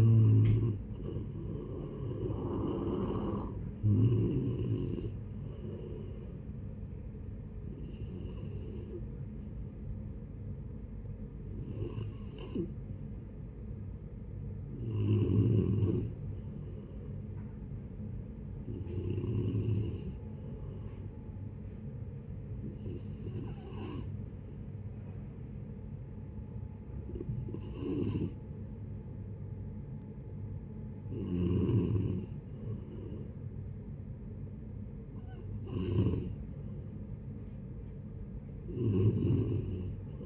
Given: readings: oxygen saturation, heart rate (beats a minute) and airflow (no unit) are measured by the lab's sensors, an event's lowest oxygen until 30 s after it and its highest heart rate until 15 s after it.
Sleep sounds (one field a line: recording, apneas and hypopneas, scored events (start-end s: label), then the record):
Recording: breathing in sleep by a smartphone at the bedside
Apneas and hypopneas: 1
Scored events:
22.00-36.20 s: hypopnea (N3, oxygen 94% highest, then 90% lowest, heart rate 72 at the start, 76 highest)
From the record:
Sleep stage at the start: N3 (deep sleep)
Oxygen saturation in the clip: 87 to 95%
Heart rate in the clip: 71 to 79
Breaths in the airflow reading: 11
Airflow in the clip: -10.0 to 9.1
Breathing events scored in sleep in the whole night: 496 in 5.4 hours asleep